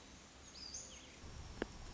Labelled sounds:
Nuttall's Woodpecker
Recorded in Sonoma County, California

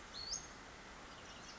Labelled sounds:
Western Flycatcher
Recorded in Sonoma County, California

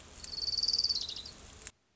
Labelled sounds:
Orange-crowned Warbler
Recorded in Sonoma County, California

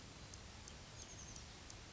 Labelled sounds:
Oak Titmouse
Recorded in Sonoma County, California

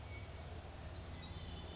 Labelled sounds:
Orange-crowned Warbler
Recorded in Sonoma County, California

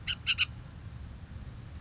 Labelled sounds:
Bullock's Oriole
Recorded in Sonoma County, California

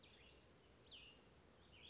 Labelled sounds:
Cassin's Vireo
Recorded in Sonoma County, California

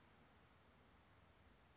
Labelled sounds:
California Towhee
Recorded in Sonoma County, California

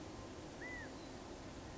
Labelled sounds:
California Quail
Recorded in Sonoma County, California

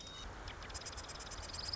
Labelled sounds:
Marsh Wren
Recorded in Sonoma County, California

